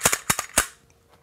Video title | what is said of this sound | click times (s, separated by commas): Walther PPQ Review, Field Strip, Range Test - Crucible Arms | just pops right back on | 0.3 s